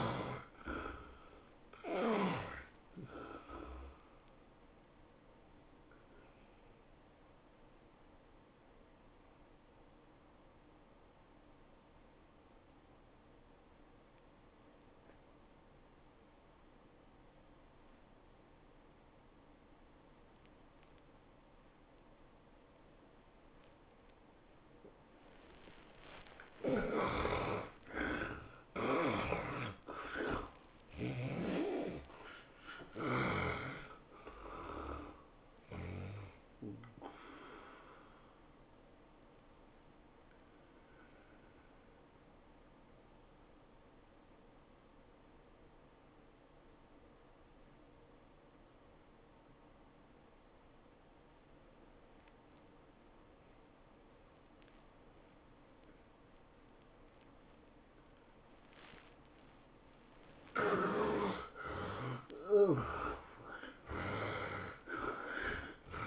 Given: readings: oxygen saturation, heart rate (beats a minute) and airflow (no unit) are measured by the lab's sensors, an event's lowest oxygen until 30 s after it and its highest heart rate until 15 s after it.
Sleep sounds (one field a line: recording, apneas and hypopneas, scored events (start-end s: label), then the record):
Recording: breathing in sleep by a voice recorder at the bedside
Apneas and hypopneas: 2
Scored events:
11.00-27.30 s: obstructive apnea (N2, oxygen 93% highest, then 76% lowest, heart rate 95 at the start, 112 highest)
12.00-66.07 s: new sleep stage, N1 (lightest sleep)
42.00-58.30 s: obstructive apnea (N1, oxygen 97% highest, then 75% lowest, heart rate 103 at the start, 110 highest)
From the record:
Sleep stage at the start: N2 (light sleep)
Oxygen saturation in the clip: 71 to 97%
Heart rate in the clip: 92 to 112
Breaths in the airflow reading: 11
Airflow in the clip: -16.4 to 12.8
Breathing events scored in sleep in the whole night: 403 in 5.5 hours asleep